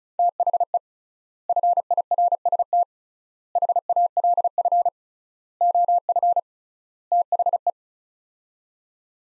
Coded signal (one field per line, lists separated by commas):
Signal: Morse code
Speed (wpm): 34 wpm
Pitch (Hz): 700 Hz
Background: none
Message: THE FIRST HALF OF THE